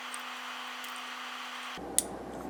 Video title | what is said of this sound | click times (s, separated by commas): Batrium BMS - Beginners installation guide | there we got it and you might have heard the click | 2.0 s